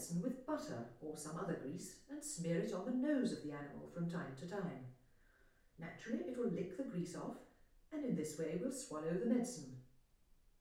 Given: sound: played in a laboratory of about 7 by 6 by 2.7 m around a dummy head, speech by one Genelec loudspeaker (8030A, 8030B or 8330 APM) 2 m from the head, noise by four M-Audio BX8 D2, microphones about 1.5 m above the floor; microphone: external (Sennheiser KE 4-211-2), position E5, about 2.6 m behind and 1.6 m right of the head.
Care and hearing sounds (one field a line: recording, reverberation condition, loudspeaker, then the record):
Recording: female speech in English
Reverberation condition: medium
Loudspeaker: 30 degrees to the left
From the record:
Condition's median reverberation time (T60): about 510 ms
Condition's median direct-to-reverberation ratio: about -0.5 dB